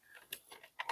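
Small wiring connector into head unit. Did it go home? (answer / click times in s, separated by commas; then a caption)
no / none. A small plastic wiring harness connector is handled and pushed toward the aftermarket head unit during a radio swap in a 2004–2009 Kia Spectra EX. Soft rustling is broken by brief sharp ticks at about 0.3, 0.8 and 0.9 seconds. Nothing has seated or clicked into place yet.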